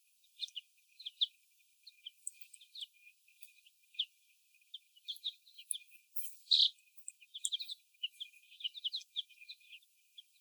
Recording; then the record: young laying hens in a cage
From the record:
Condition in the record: before the stressor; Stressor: sudden umbrella opening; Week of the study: 1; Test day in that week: 1